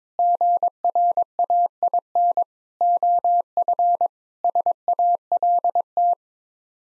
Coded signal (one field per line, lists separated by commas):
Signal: Morse code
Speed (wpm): 22 wpm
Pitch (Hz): 700 Hz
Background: none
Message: GRAIN OF SALT